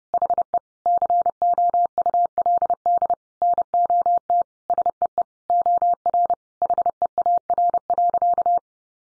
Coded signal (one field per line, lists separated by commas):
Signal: Morse code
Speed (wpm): 30 wpm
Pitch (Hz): 700 Hz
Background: none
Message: HE COULD NOT SEE OR HEAR.